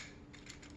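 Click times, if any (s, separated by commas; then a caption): none. A thicker 3D printed plastic connector is handled and pressed toward the middle position on a crankshaft axle. Faint rubbing and light mechanical ticks are heard, with one brief sharper tick around 0.5 s. The connector has not snapped or seated yet.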